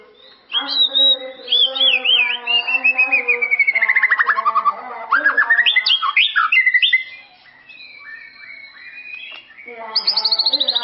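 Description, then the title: White-rumped shama song: rich, varied whistled phrases with rapid trills, falling slurred notes and quick repeated chips, pausing briefly near the end, over a steady low hum. "murai batu"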